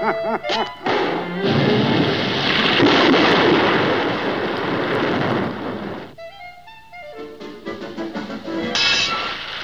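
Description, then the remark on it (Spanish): A sudden loud downpour of artificial rain, produced with a rain-making formula over a doghouse, with a rumbling crash of thunder roars for several seconds, then breaks off abruptly into quieter, tinkling tones and scattered knocks. “Le voy a provocar una lluvia sobre su perrera que no va a salir de allí en una semana.”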